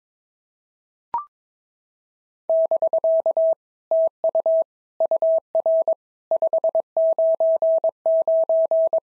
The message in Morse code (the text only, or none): <BK> TU UR 599